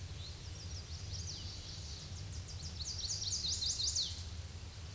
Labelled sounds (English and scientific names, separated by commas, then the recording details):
Chestnut-sided Warbler (Setophaga pensylvanica) song
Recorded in a Pennsylvania forest on 18 May 2023 at 07:47
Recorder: AudioMoth, point grid1_18_low
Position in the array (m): 171 m, 154 m